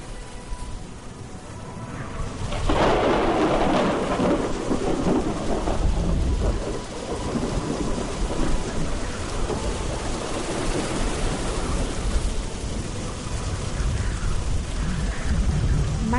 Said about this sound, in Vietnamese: Mưa to tới mức dường như muốn xuyên thủng kết giới quanh mỗi người.